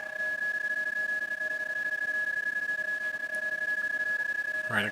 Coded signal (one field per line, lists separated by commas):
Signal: PSK31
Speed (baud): 31.25 baud